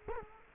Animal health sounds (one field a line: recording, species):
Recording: mosquito wingbeat signal from an infrared sensor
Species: Culex quinquefasciatus